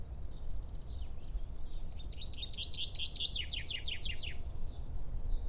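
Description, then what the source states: Common chaffinch song: a quick series of sharp, descending notes over a low background hum. Recorded on 14 March 2012.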